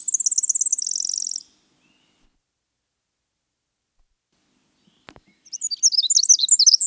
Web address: winter wren